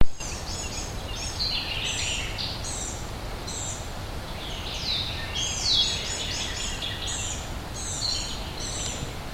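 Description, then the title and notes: Blue-grey gnatcatcher giving a series of thin, buzzy, high-pitched notes over a steady low rumble of background noise. "Bg Gnatcatcher by Christie Mullen"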